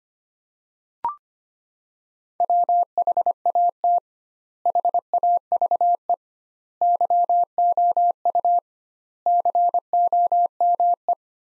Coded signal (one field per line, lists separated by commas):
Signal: Morse code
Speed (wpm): 25 wpm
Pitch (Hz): 700 Hz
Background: none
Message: WHAT HAVE YOU COME